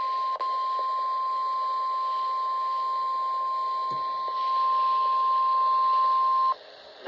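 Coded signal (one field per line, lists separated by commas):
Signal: Emergency Alert System (SAME) tones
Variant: 1050 Hz attention tone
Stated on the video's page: Required weekly test from weather radio station.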